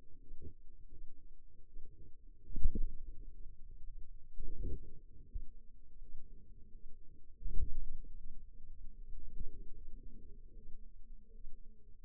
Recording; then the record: forearm muscle sounds (acoustic myography)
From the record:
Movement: ulnar deviation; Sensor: system 2, bracelet of six BSWA MPA416 microphones around the upper forearm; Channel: 2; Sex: female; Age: 23 years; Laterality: right